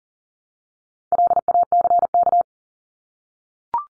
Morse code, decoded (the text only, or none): LACK